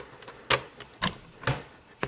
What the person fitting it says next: There you go. So you hear a nice snapping sound.